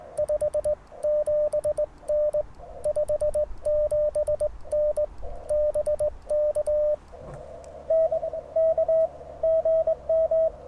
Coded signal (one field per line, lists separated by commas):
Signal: Morse code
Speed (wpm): 22 wpm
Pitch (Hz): 590 Hz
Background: radio noise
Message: 57N 57N BK NK GM